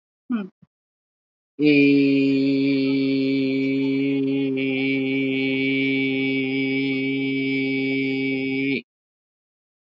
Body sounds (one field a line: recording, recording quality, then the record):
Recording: sustained vowel as in made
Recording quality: excellent, no background noise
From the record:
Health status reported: healthy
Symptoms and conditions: none ticked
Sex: male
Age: 79 years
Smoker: not ticked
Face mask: not worn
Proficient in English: yes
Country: India